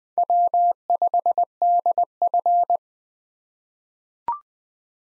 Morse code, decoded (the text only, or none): W5DF